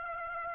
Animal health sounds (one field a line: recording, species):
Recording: mosquito wingbeat signal from an infrared sensor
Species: Aedes aegypti